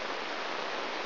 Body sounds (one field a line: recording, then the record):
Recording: brain microelectrode recording played as sound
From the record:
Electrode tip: inside the subthalamic nucleus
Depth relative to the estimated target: 1 mm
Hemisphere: right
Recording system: AlphaMap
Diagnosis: Parkinson's disease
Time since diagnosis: 11 years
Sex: male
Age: 62 years